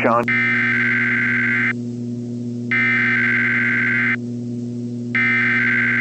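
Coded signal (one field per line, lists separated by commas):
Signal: Emergency Alert System (SAME) tones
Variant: header bursts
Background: speech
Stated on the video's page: Fictional EAS scenario; the alert is simulated.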